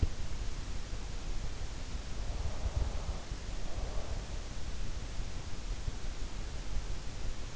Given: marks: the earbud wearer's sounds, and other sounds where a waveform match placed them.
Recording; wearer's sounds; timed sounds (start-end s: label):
sounds in sleep by an in-ear microphone; breath
2.21-4.41 s: breath